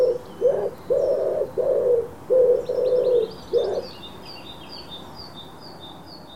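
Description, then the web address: Bird giving a series of low, hollow, hooting notes in short bursts over about four seconds, with high twittering from other birds in the background. "cianscape. Deverinetal. Bird Only"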